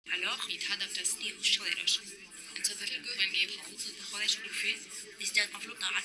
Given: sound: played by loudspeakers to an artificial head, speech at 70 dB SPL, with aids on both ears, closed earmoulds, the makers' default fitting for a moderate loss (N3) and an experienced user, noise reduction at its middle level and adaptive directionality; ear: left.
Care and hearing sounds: speech test signal (ISTS) in cocktail-party noise; -3 dB; in front (0 degrees)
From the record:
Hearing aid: class 2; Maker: J

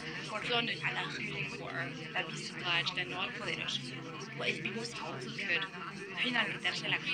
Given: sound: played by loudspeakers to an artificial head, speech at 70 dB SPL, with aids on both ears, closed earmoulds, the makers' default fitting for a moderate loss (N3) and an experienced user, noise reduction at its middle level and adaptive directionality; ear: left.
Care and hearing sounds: speech test signal (ISTS) in cocktail-party noise; -6 dB; in front (0 degrees)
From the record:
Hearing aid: class 2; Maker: F

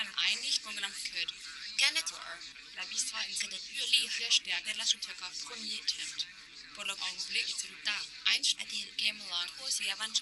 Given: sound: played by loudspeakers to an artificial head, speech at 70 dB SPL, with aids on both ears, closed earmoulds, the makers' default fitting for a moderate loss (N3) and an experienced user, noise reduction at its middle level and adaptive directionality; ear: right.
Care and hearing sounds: speech test signal (ISTS) in cocktail-party noise; +3 dB; on the right (90 degrees)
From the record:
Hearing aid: class 2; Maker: H

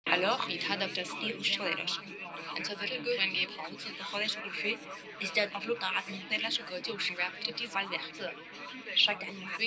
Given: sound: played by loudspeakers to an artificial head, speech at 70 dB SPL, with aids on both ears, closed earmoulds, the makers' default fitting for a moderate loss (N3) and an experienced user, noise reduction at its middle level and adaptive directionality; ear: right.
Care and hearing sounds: speech test signal (ISTS) in cocktail-party noise; -3 dB; on the right (90 degrees)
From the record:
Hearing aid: class 2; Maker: I

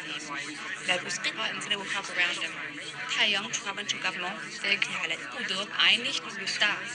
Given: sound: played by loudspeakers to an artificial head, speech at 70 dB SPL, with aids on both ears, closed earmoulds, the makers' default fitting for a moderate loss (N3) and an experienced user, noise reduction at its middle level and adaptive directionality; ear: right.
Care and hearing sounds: speech test signal (ISTS) in cocktail-party noise; -3 dB; on the right (90 degrees)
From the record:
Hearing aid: class 2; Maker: G

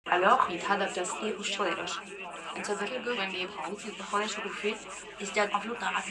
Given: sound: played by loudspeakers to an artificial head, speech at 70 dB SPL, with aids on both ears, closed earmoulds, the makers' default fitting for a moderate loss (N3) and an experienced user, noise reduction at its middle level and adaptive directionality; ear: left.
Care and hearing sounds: speech test signal (ISTS) in cocktail-party noise; +6 dB; on the right (90 degrees)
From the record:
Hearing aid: class 2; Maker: E

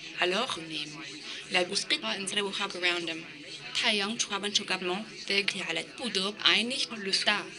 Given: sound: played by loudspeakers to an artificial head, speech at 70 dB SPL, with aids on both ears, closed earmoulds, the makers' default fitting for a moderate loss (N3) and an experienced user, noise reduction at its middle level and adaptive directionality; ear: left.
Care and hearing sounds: speech test signal (ISTS) in cocktail-party noise; +9 dB; in front (0 degrees)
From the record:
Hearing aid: class 2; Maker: B

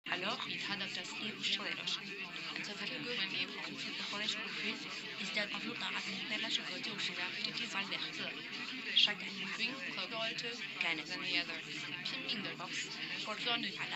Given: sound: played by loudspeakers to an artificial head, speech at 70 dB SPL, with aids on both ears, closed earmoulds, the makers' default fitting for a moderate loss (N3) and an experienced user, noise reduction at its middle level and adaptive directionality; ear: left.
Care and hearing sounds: speech test signal (ISTS) in cocktail-party noise; -3 dB; in front (0 degrees)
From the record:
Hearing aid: class 1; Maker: D

